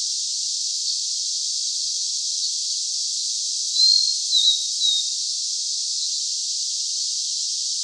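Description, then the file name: Blue-and-white flycatcher gives one phrase of three thin whistles midway, with a continuous hiss throughout. "Cyanoptila cyanomelana"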